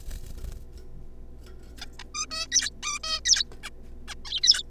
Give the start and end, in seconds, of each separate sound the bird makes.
1.78-1.85, 1.99-2.03, 2.15-2.26, 2.31-2.46, 2.52-2.70, 2.83-2.99, 3.03-3.20, 3.25-3.44, 3.63-3.69, 4.08-4.14, 4.25-4.40, 4.43-4.62